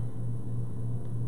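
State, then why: Not seated. Hinged snap lids on small plastic paint pots are being handled as they are pressed down to close. Only a steady low hum is heard, with no sharp sounds. Nothing has snapped shut yet.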